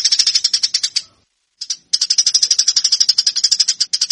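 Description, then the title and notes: Eurasian tree sparrow song, rapid harsh chirps in long bursts, with a short gap. Fighting-style (tarung) song. "MASTER GEREJA TARUNG 1. burung gereja"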